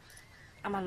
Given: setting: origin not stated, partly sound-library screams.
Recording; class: one-second piece from a danger detection set; normal situation